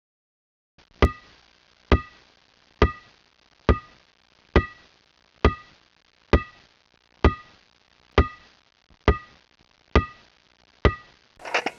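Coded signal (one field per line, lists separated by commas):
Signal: none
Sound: sound effect beeps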